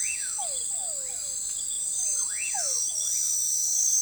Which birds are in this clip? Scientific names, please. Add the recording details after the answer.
Nyctidromus albicollis. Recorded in forest near Pivijay, Magdalena, Colombia, on 18 April 2023 at 22:00. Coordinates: 10.467, -74.380. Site Z5-G034